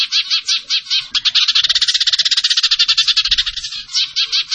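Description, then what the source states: Bird song: a rapid, buzzy, rattling trill of repeated notes that speeds up in the middle and then slows again, steady and loud throughout. Indonesian masteran (training) song of a bird singing energetically (gacor), tembakan style.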